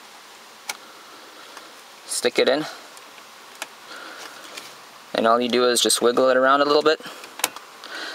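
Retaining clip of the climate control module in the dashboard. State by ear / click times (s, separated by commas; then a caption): released / 7.4 s. A metal release tool is pushed into the slot beside the climate control module in the dashboard of a Mercedes E-class (W210 / W208 chassis) and wiggled, producing faint scraping ticks while someone talks. The module's retaining clip releases with a sharp click at 7.4 s, after which the module can be pried forward.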